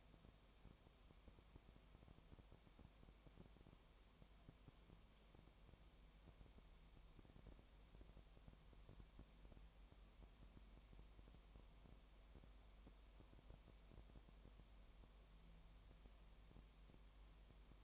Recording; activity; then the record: daily activity, microphone in the room; no activity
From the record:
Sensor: 1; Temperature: 19.4 degrees Celsius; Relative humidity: 35.7%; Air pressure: 1003.3 hPa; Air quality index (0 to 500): 113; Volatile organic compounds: 2 ppm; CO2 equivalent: 1260 ppm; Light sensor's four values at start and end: 1/2/1/1 and 1/2/1/1